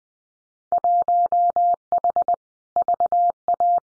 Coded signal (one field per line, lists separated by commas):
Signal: Morse code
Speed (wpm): 20 wpm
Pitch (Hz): 700 Hz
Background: none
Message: 1H VA